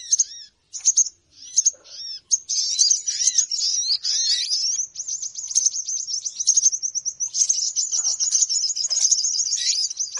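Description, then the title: Birds calling, starting with scattered sharp chips and short whistles, then building into a dense, unbroken stream of high twittering. Noisy bird lure sounds for attracting birds, said to draw many birds in soon after they start. "Baru Diputar Dah Banyak Merapat! Suara Pikat Burung Ribut"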